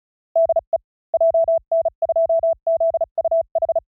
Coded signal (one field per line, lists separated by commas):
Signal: Morse code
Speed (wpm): 36 wpm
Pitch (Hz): 660 Hz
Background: none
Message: DE JN2ZUH